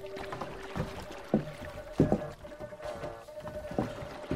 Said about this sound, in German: Eine schwarze Kriegsdschunke tauchte aus dem Nebel auf und wurde schnell zur Mündung des Perlflusses gerudert.